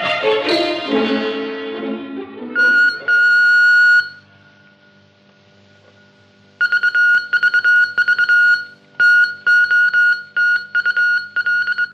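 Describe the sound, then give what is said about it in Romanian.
A radio transmitter sends a message to people waiting above in loud, high-pitched electronic beeps: a sustained tone, a pause, then rapid keyed bursts of uneven length in an irregular, Morse-like rhythm. “Repede aparatul! Cei de sus așteaptă de 15 minute mesajul nostru.”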